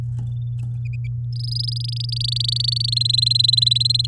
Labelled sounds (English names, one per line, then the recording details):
Domestic Canary song
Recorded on 9 May 2018 at 10:18
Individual llb16